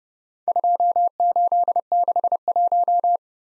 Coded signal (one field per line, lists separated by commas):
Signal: Morse code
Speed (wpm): 30 wpm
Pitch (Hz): 700 Hz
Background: none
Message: 2861